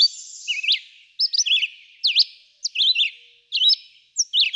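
Red-eyed vireo song with a handful of sharp, slurred whistled phrases spaced by short pauses.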